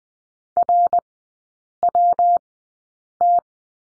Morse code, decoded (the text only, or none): RWT